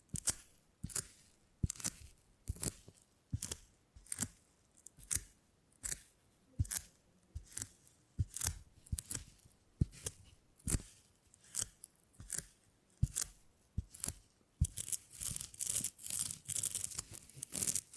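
Beeswax being handled for tingly sounds: sharp crackling snips and scrapes come roughly every half second in a steady rhythm. Each burst is bright and crisp with quiet gaps between. Near the end the sounds run together into a denser, brighter rustling.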